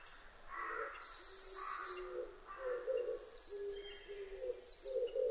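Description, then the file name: Oriental turtle dove cooing in low, hoarse repeated phrases from early on and through to the end, with other birds chirping and whistling higher up. Recorded 19 April 2005. "050419 kijibato"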